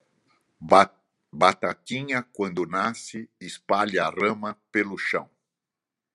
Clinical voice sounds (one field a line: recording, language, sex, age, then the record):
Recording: short text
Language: Brazilian Portuguese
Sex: male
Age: 70 to 79 years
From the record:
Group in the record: control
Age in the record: 74 years